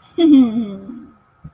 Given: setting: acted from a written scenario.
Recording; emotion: vocal sound without words; pride